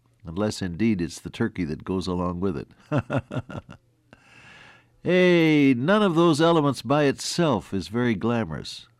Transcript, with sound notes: Unless indeed it’s the turkey that goes along with it. (Laughs) “Hey, none of those elements by itself is very glamorous: